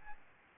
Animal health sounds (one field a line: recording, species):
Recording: mosquito wingbeat signal from an infrared sensor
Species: Aedes albopictus